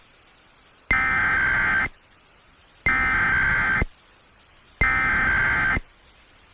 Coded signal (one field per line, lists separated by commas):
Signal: Emergency Alert System (SAME) tones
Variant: header bursts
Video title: (SSTEAS reupload) 10 ½ Years on Youtube Top 10 EAS Required Monthly Tests